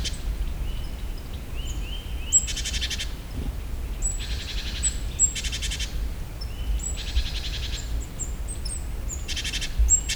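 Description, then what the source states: Great tit calls: harsh buzzy rattled churrs, repeated, mixed with short high thin notes and softer rising whistles, over a constant low background rumble. Recorded in nature; presented as the bird's other, alternative call.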